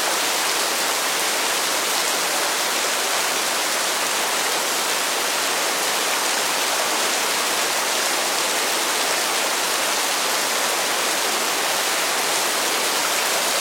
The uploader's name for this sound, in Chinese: 白噪音雨声